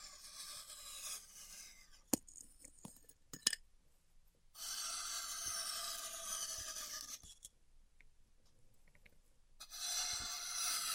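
Styrofoam being heat-cut in steady, bright hissing scrapes, at roughly 0–2, 4.5–7 and 10–11 seconds, separated by quiet gaps with occasional sharp clicks.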